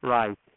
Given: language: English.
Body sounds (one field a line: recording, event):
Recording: throat vibration sensor signal played as sound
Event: speech